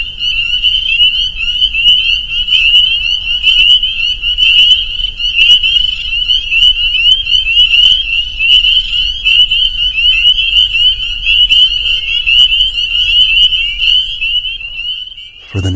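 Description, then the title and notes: Spring peeper chorus of continuous shrill peeping, punctuated by repeated brief clicks, ending with a sudden low thump. Soundscape of a spring peeper chorus at a pond on friends' property in northern Vermont. "Peepers. a soundscape recorded at the peeper pond on our friends' property in northern Vermont"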